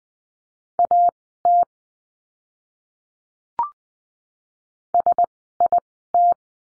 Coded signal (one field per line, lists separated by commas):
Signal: Morse code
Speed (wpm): 20 wpm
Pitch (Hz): 700 Hz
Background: none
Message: AT SIT